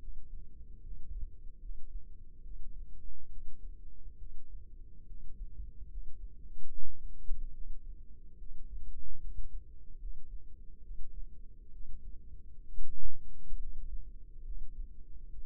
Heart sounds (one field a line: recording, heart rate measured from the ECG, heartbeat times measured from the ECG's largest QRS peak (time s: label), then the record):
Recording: heart sounds by microphone in the left ear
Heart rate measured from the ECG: 70 bpm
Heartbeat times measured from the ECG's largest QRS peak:
0.82 s: heartbeat
1.60 s: heartbeat
2.42 s: heartbeat
3.29 s: heartbeat
4.18 s: heartbeat
5.06 s: heartbeat
5.88 s: heartbeat
6.69 s: heartbeat
7.53 s: heartbeat
8.38 s: heartbeat
9.20 s: heartbeat
9.98 s: heartbeat
10.82 s: heartbeat
11.71 s: heartbeat
12.65 s: heartbeat
13.58 s: heartbeat
14.43 s: heartbeat
15.30 s: heartbeat
From the record:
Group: healthy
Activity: rest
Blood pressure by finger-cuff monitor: 115/61 mmHg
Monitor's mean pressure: 77 mmHg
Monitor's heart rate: 72 bpm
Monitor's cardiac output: 6.7 L/min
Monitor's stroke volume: 92 mL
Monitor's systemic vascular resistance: 830 dyn s/cm5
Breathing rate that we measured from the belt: 14 breaths a minute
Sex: female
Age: 22 years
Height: 160 cm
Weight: 63 kg